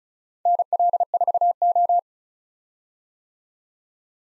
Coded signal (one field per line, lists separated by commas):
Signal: Morse code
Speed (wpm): 42 wpm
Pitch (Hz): 700 Hz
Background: none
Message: NL4O